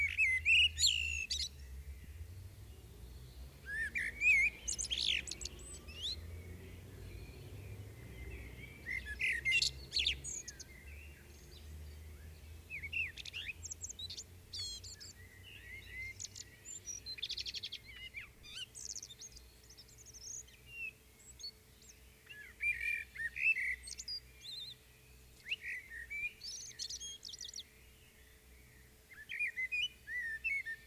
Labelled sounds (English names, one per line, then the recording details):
Common Blackbird song
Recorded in the wild
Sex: male
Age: adult
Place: Bielefeld-Mitte, Nordrhein-Westfalen, DE
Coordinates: 52.0072, 8.54917
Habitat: residential district
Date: 1968-06-30
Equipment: Uher 4000 Report-S, Bändchenmikro Beyer M 260, Parabolspiegel Polyester (470 mm)
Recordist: Conrads, Klaus